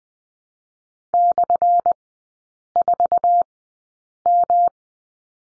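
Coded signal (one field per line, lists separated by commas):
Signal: Morse code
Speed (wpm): 20 wpm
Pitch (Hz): 700 Hz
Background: none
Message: /4M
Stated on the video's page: Morse code course lesson drill on the slash and three characters, sent with Farnsworth spacing at 20/10 wpm.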